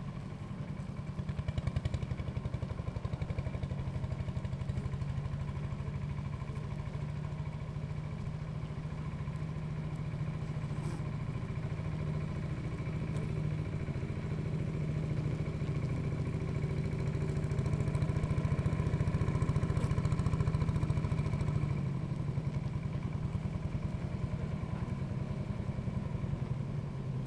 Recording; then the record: honeybee colony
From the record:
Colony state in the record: active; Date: 28 July 2017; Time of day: 16:44